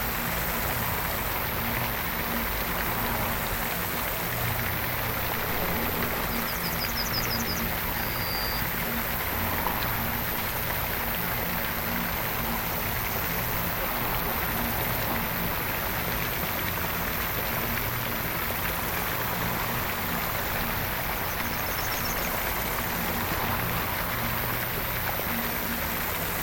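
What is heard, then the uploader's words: A large fountain splashes close by in a steady, dense rush of falling water that fills the whole 26 seconds without letting up. Beneath it sits a faint low hum, and a few brief high chirps, likely birds, come through around seven and twenty-two seconds. A soundscape based on audio from Vadd. Beside a large fountain in a quiet part of the citadel.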